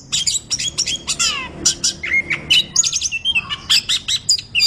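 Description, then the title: Orange-headed thrush song: rapid bursts of high whistles, buzzy slurred notes and descending sweeps, delivered in short phrases with brief gaps. Described as gacor, meaning singing vigorously and constantly. "Anis Kembang Gacor"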